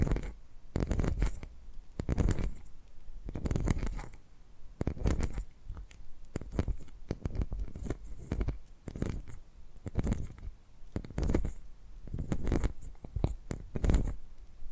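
Soft scratchy, snipping trigger sounds arrive in short repeated bursts about once or twice a second, separated by brief quieter gaps throughout.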